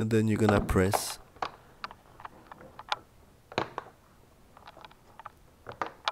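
A replacement keyboard for an HP ProBook 450 G2 laptop is pressed down around its edges and corners so its plastic retaining clips snap into the palmrest top case. Someone talks briefly at the start, then sharp clicks come at 1.4, 1.8, 2.9, 3.6, 5.8 and 6.1 seconds. The keyboard is seated.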